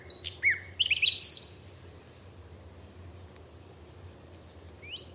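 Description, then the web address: Bird calls: a brief burst of high, sharp chirps and short downslurred notes in the first second and a half, then near quiet with one faint chirp near the end. "Bird Only"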